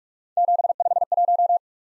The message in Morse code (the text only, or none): 751